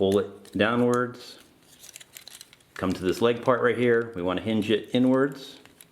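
Someone talks while handling the leg part of a MakeToys MTRM-09 Downbeat transforming robot figure, hinging it inwards so its plastic peg can go into a slot higher up on the leg. Between the talking come small, sharp plastic handling clicks around 1.9–2.4 s and again near 5.8 s. Nothing has seated or clicked into place yet.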